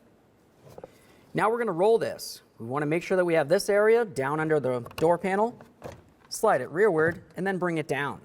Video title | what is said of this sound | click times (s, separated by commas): How to Replace Driver Window Regulator 2004-2006 Scion xB | lock it in listen for a click | 0.8 s